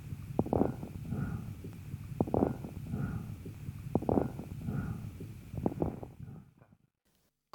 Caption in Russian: Патологическое бронхиальное дыхание. Грубый высокочастотный шум, выслушиваемый в обе фазы с преобладанием выдоха.